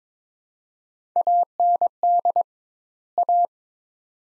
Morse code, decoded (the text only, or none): AND A